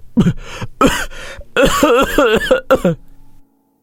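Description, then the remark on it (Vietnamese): A man coughs hard in a rapid series of harsh, raspy bursts, some with a strained wheezing catch between them, before the fit trails off into silence. “Vừa nói đến đây, nam tước Fernandez đột nhiên ho dữ dội. Cơn ho càng ngày càng nghiêm trọng.”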